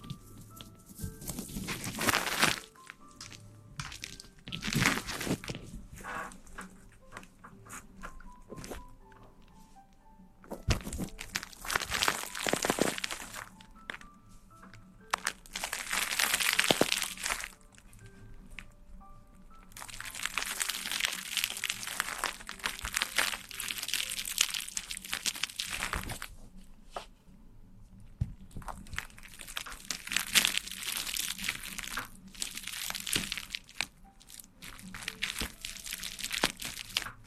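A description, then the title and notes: Ear cleaning and massage sounds: bursts of bright crinkling and rubbing that swell for a few seconds, then drop to near silence, roughly every five seconds. Longer dense stretches come around 20 and 30 seconds. A faint tonal hum sits underneath. ASMR Ear cleaning & Ear massage.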